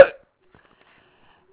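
A single abrupt, voiced gulp at the very start lasts under a fifth of a second, then near silence follows. It is one hiccup from an adult, an involuntary diaphragm spasm ending with sudden closure of the vocal cords, part of an ongoing bout, the fourth bout of hiccups that day.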